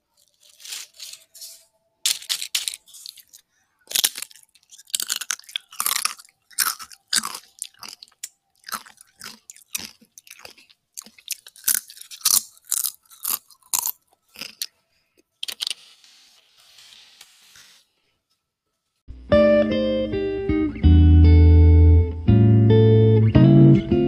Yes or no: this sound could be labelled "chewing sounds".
yes